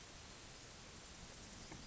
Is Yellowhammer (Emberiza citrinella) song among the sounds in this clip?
no